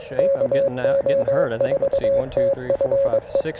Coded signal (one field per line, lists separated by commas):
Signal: Morse code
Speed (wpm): 22 wpm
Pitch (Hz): 560 Hz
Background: speech, radio noise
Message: KO4TFE